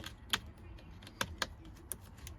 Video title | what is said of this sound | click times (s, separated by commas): Replacing Ignition Switch 2009 Ford Escape | Make sure it clicks like that. | 1.9 s